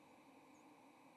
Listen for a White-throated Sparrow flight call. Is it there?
no